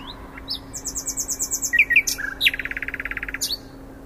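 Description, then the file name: Common nightingale song: a run of high repeated notes, brief slurred chirps, then a rapid throbbing trill of even pulses, closing with a sharp high note. "Luscinia megarhynchos"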